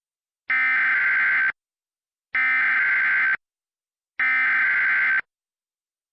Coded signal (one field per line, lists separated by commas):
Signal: Emergency Alert System (SAME) tones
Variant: header bursts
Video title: EAS Mock #2: Tornado Warning.